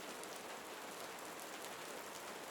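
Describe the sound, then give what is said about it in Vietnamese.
Rain grows heavier, pouring down in a dense, unbroken hiss, with fine droplets pattering across a surface at a steady, fairly loud level and no voices. “Cơn mưa dần nặng hạt.”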